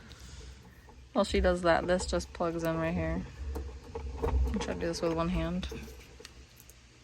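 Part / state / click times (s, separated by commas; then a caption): windshield wiper motor wiring connector into the cab harness plug / not seated / none. Someone talks while working one-handed to plug the windshield wiper motor's electrical connector into its plastic cab harness socket during installation of a new front glass window on a JCB 270T skid steer, with a few faint handling taps near the end. The clip ends before the part goes home; nothing has seated or clicked yet.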